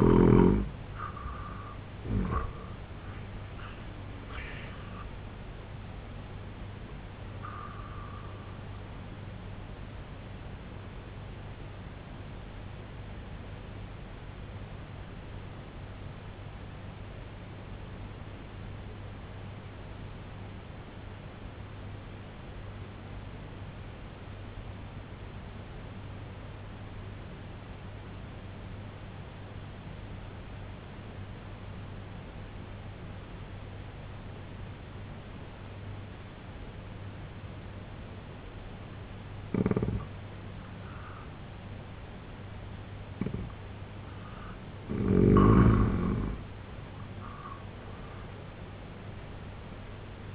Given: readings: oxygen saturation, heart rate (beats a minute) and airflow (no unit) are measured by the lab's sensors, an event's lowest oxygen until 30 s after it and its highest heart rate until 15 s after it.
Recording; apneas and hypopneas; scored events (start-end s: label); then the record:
breathing in sleep by a voice recorder at the bedside; 1
11.00-40.70 s: obstructive apnea (N2, oxygen 95% highest, then 82% lowest, heart rate 65 at the start, 91 highest)
39.00-50.35 s: new sleep stage, N1 (lightest sleep)
From the record:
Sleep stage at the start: N2 (light sleep); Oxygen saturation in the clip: 83 to 95%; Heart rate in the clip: 63 to 91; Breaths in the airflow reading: 5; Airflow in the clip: -11.9 to 10.2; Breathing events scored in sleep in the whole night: 258 in 7.4 hours asleep